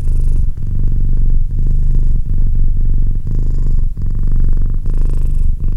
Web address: Cat Purr 201308 Cat purr